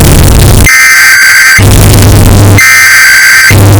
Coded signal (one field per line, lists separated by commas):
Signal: Emergency Alert System (SAME) tones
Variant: header bursts